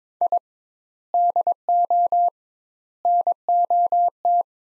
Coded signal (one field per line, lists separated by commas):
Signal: Morse code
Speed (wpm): 22 wpm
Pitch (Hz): 700 Hz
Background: none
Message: I DO NOT